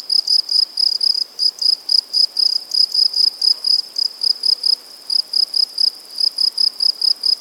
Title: Sylvain Jaskowiak - Animus. Grillons, Divers Insectes Et Oiseaux - Buoux, Vaucluse - mai 2007